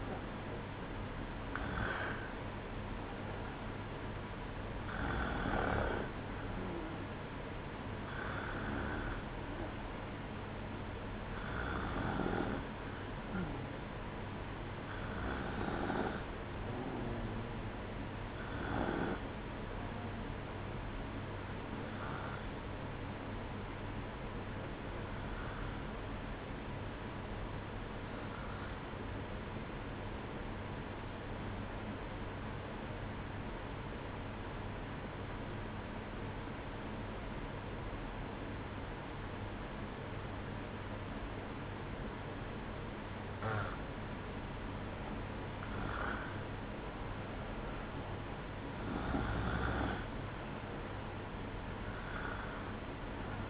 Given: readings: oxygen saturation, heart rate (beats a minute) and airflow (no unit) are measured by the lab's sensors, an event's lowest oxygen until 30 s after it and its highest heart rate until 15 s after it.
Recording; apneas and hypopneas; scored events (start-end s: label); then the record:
breathing in sleep by a voice recorder at the bedside; 1
29.00-43.90 s: obstructive apnea (REM, oxygen 95% highest, then 94% lowest, heart rate 62 at the start, 68 highest)
From the record:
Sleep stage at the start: REM sleep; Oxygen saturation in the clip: 93 to 95%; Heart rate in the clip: 61 to 66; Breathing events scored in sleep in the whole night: 305 in 9.6 hours asleep